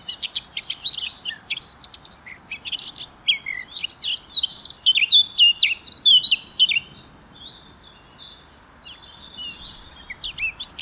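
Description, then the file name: Eurasian blackcap song, hurried chattering warble mixing sharp chirps with longer buzzy, flat trills in the second half. "Sylvia atricapilla"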